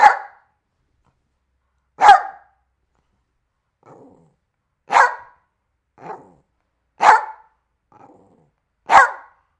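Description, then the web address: Dog barking: loud, sharp single barks roughly every two seconds, with quieter, lower barks in between and silence around them. "Tom Hutchings Dog Barking"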